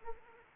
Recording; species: mosquito wingbeat signal from an infrared sensor; Anopheles arabiensis